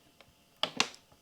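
A wiring harness plug is pushed by hand onto its socket behind the cockpit of a BMW R1250GS motorcycle, reached through a gap. A faint tap at 0.2 s is followed by a sharp, bright click at 0.6 s and a second strong snap at 0.8 s. The connector clicks in and is seated.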